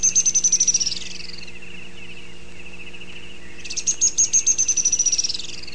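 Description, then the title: Grey-headed spinetail song: two high, rapid trills of thin notes that slide gently lower, separated by a pause of about two and a half seconds, with faint background hum. "LuckyPassaro Completos2Sama. Grey-headed Spinetail (Cranioleuca semicinerea)"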